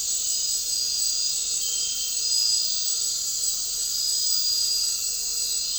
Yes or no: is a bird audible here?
no